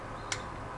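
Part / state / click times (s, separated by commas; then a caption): click-type torque wrench tightening a valve cover bolt into the cylinder head / torque reached / 0.3 s. A 3/8 in click-type torque ratchet set to 10 Nm tightens a valve cover bolt into the cylinder head of an S65 V8 engine on an E92 M3, working from the inside out. Against a steady low background, the wrench gives a single sharp click at 0.3 s as it breaks over, confirming the bolt has reached the set torque.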